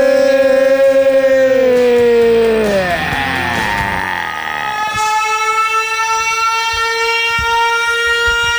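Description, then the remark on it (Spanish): A loud, continuous siren wails with rich layered tones that slide downward in pitch, waver, then settle into a steady, sustained blare for the rest of the stretch. “…, ….”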